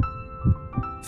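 Deep, muffled thumps: the tail of one beat at the start, then a clear lub-dub pair about a third of a second apart. A strong, regular, normal heartbeat with a steady soft musical hum underneath.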